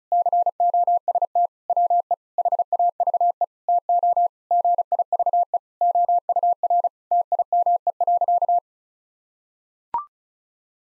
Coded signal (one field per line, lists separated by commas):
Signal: Morse code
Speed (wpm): 36 wpm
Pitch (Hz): 700 Hz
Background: none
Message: COST WE HAVE TO GIVE OUR TIME.